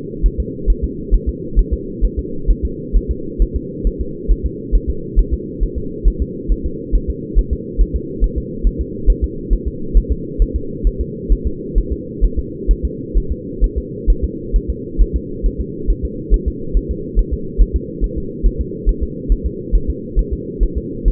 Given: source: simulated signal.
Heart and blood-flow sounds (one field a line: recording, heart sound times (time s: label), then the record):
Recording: fetal heart sounds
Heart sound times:
0.26 s: S1
0.40 s: S2
0.70 s: S1
0.84 s: S2
1.14 s: S1
1.29 s: S2
1.59 s: S1
1.73 s: S2
2.05 s: S1
2.19 s: S2
2.50 s: S1
2.65 s: S2
2.97 s: S1
3.11 s: S2
3.42 s: S1
3.56 s: S2
3.87 s: S1
4.01 s: S2
4.31 s: S1
4.46 s: S2
4.75 s: S1
4.90 s: S2
5.19 s: S1
5.34 s: S2
5.63 s: S1
5.78 s: S2
6.08 s: S1
6.22 s: S2
6.52 s: S1
6.66 s: S2
6.95 s: S1
7.10 s: S2
7.39 s: S1
7.53 s: S2
7.81 s: S1
7.96 s: S2
8.24 s: S1
8.38 s: S2
8.67 s: S1
8.81 s: S2
9.10 s: S1
9.24 s: S2
9.53 s: S1
9.68 s: S2
9.97 s: S1
10.12 s: S2
10.42 s: S1
10.56 s: S2
10.87 s: S1
11.01 s: S2
11.32 s: S1
11.47 s: S2
11.78 s: S1
11.93 s: S2
12.24 s: S1
12.39 s: S2
12.71 s: S1
12.85 s: S2
13.17 s: S1
13.32 s: S2
13.64 s: S1
13.78 s: S2
14.10 s: S1
14.24 s: S2
14.56 s: S1
14.70 s: S2
15.01 s: S1
15.16 s: S2
15.46 s: S1
15.60 s: S2
15.90 s: S1
16.05 s: S2
16.34 s: S1
16.48 s: S2
16.77 s: S1
16.91 s: S2
17.19 s: S1
17.33 s: S2
17.62 s: S1
17.76 s: S2
18.04 s: S1
18.18 s: S2
18.46 s: S1
18.61 s: S2
18.89 s: S1
19.03 s: S2
19.32 s: S1
19.46 s: S2
19.75 s: S1
19.90 s: S2
20.19 s: S1
20.33 s: S2
20.63 s: S1
20.78 s: S2
21.08 s: S1
From the record:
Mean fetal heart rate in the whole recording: 135 bpm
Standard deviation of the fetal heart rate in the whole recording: 3 bpm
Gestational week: 36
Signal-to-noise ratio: -4.3 dB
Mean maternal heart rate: 72 bpm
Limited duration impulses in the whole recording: absent